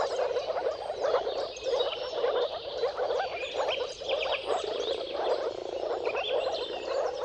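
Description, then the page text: Moor frog: soft, repeated bubbling calls from a crowd of moor frogs, accompanied by light bird chirps. Dawn chorus of many moor frogs giving mating calls at sunrise, at the turn of March and April, timing depending on the weather. "Dawn’s Chorus: Mating Calls of Marsh Frogs at Sunrise. Depending on the weather at the turn of March and April, you can witness an amazing spectacle of moor frogs. moor frogs"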